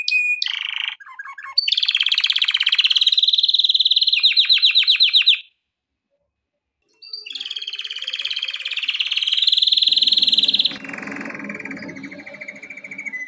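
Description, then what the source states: Canary song: dense rolling trills and rapid repeated notes, a short silent gap, then more trills ending in a lower buzzy rattle. Intended for training canaries.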